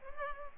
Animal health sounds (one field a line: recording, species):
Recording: mosquito wingbeat signal from an infrared sensor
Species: Culex pipiens